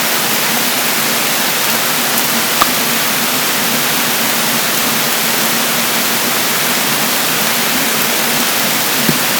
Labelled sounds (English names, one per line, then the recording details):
none
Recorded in dense forest near Puerto Asís, Putumayo, Colombia, on 24 June 2025 at 13:00
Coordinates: 0.484, -76.325
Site H65